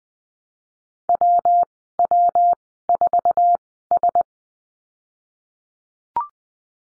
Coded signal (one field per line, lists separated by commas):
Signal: Morse code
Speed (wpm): 20 wpm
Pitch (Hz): 700 Hz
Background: none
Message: WW4S